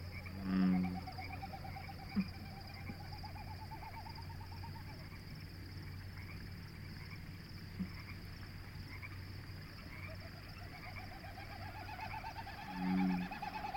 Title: Evening-Dusk At Conboy Lake National Wildlife Refuge